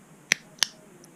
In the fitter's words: there we go snap in place